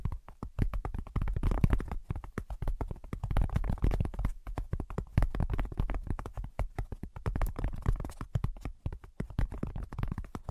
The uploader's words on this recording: ASMR Brain Penetrating 3D Tapping (No Talking).